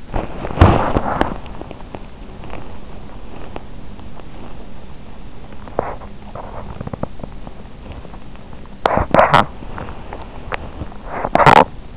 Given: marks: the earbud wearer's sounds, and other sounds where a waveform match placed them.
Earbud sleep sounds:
sounds in sleep by an in-ear microphone; teeth grinding
0.00-3.84 s: teeth grinding
5.61-11.97 s: teeth grinding

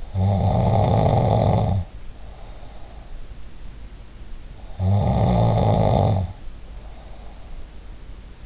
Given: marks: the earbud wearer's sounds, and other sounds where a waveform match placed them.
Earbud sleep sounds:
sounds in sleep by an in-ear microphone; snoring breath
0.00-2.78 s: snoring breath
4.63-7.65 s: snoring breath

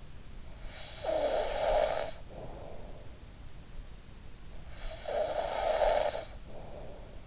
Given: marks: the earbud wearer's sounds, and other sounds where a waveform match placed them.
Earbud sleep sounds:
sounds in sleep by an in-ear microphone; snoring breath
0.46-3.03 s: snoring breath
4.57-7.26 s: snoring breath

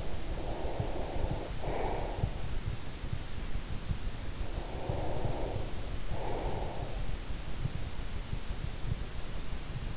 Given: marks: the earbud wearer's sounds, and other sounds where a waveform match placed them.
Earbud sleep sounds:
sounds in sleep by an in-ear microphone; breath
0.00-2.47 s: breath
4.34-7.11 s: breath

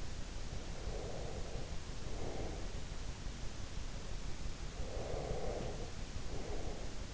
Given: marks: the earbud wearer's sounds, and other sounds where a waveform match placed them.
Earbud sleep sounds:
sounds in sleep by an in-ear microphone; breath
0.60-2.89 s: breath
4.80-7.14 s: breath

